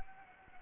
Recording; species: mosquito wingbeat signal from an infrared sensor; Anopheles gambiae